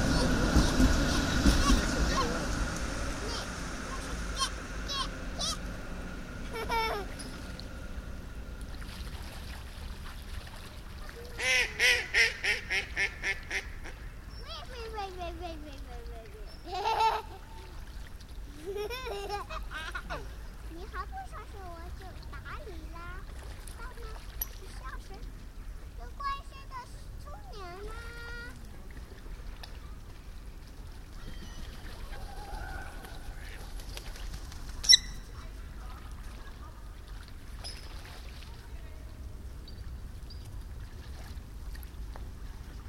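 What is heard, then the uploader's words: Gulls, ducks and coots call continuously over a steady hum, with a burst of sharp squawks around eleven to thirteen seconds. Den Haag, December 25th 2010. Seagulls, ducks and coots are bathing in the only part of the Hofvijfer that wasn't frozen.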